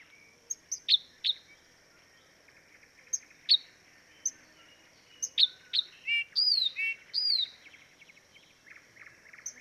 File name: life dviete. acrocephalus dumetorum